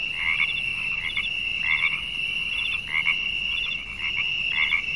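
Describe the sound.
Frog calls, short pulsed clicking bursts repeated beneath a constant shrill high tone.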